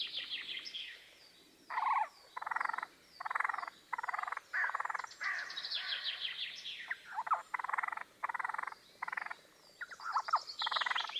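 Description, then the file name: Eurasian jay uttering a series of short, rough rasping notes less than a second apart, mixed with thin twittering notes. "Garrulus glandarius"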